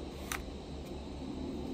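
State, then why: Partly seated. An arrow with its nock is pushed back onto the string of a loaded Barnett Hyper Raptor 410 crossbow. A slight little click is heard at 0.3 s over a steady low outdoor rumble, but it is a false click. The arrow is still not fully seated against the string.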